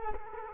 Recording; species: mosquito wingbeat signal from an infrared sensor; Culex quinquefasciatus